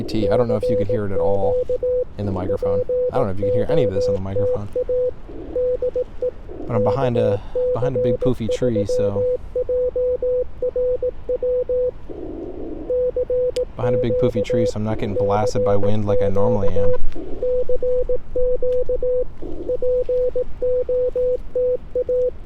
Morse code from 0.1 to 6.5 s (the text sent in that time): CQ POTA DE